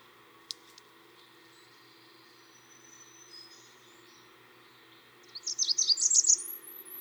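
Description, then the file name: Blackburnian warbler song: a burst of very high, thin, sibilant notes, ending in a thin rising trill, with a few faint high sounds earlier. "song Christopher-Mc Pherson-Blackburnian-Warbler-Setophaga-fusca"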